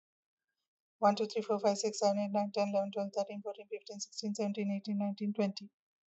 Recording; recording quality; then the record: counting at a fast pace; excellent, no background noise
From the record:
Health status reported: healthy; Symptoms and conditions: hypertension, diabetes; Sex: female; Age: 62 years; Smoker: not ticked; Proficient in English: yes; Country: India